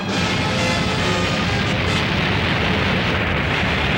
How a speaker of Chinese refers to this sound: 液体氦爆炸，货柜里面装的好像是液体氦